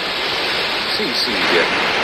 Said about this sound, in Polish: Z drugiej strony ta woda ma pełno drobnoustrojów. Jeszcze ten wodospad.